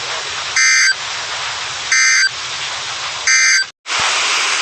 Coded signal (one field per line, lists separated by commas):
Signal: Emergency Alert System (SAME) tones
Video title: Severe Thunderstorms (EAS 139-145) 5/6/23-5/7/23